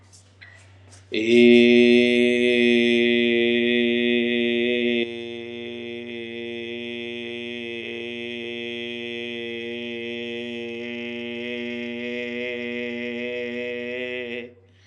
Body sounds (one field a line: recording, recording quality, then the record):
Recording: sustained vowel as in made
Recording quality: excellent, no background noise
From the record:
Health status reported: healthy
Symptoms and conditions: diabetes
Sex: male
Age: 36 years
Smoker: not ticked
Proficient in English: yes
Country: India